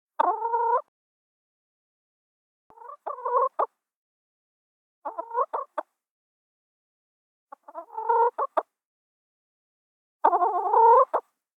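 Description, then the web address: Chicken clucking, five short bursts of throaty, stuttering clucks separated by pauses of about two seconds, with silence between. "chicken cluck long"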